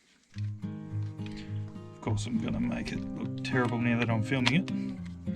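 Someone pushes a screw-holding hex-shank bit attachment with a metal shank toward the quick-release chuck of an impact driver while music plays and someone talks. The attachment is only being handled, and nothing has seated or clicked in yet.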